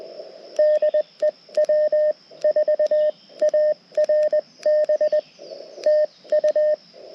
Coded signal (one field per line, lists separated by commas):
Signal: Morse code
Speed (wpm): 20 wpm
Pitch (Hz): 610 Hz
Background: none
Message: DE W4ARB TU